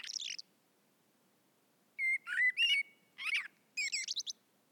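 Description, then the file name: Common blackbird giving a brief high squeak, then after a pause a run of short, harsh chattering notes mixed with thin whistled slurs. "Turdus merula"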